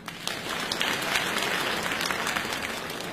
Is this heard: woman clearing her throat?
no